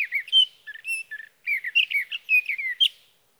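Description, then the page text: Sage thrasher singing quick warbled phrases of slurred whistles with brief pauses, ending in a sharp higher note. Male singing through the night near his night roost, evening of June 12 to morning of June 15, 2018, Sierra Valley, California; Swift recorder. "61. Sage thrasher songs, through the night."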